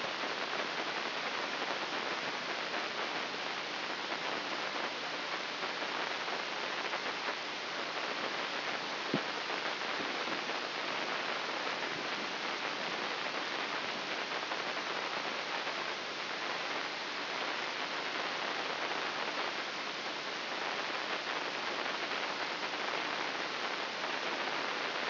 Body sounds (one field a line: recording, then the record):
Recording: brain microelectrode recording played as sound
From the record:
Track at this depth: inside the subthalamic nucleus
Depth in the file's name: 1.6 mm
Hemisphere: left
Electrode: 3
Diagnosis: Parkinson's disease